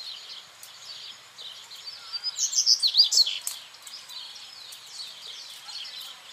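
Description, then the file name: Seedeater song: a short, bright flurry of high chirping notes in the middle, with a busy chorus of other small birds throughout. Recorded at El Aromito, Federación, on 8 January 2013 at 19:41. "Corbatita-El-Aromito-Federacion-08012013-1941 hs-Eco Registros"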